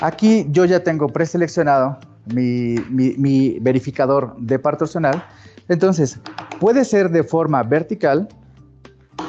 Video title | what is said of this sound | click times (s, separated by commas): WEBINAR │ Principios básicos de Torque | y ahí van a escuchar ese clic. | 9.2 s